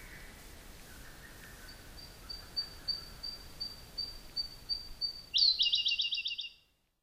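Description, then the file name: Siberian blue robin singing: evenly spaced thin high ticks, then ending in a loud rapid trill; a faint lower whistle is heard early on. Recorded on Sado on 20 June 2009. "koruri osado"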